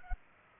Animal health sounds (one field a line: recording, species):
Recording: mosquito wingbeat signal from an infrared sensor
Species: Culex pipiens